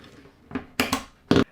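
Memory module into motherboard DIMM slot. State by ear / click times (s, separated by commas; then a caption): seated / 0.8 s, 1.3 s. The remaining DIMM memory module, the second RAM stick, is pressed into its motherboard DIMM slot until the clips latch. A soft knock at 0.55 s is followed by sharp clicks at 0.8 s and 1.3 s. The stick is seated.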